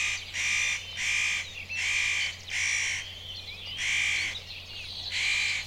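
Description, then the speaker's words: Spotted nutcracker calls: harsh rasping bursts repeated about once a second over a low steady hum. Many nutcrackers in a narrow valley between steep cliffs, with conifer-dominated forest and open grazed grassland. "Det är ett intensiv trastkör och det är också gott om nötkråkor"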